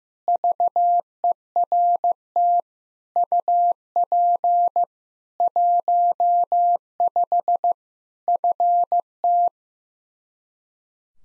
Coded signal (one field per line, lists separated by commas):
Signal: Morse code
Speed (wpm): 15 wpm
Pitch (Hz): 700 Hz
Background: none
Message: VERT UP 15 FT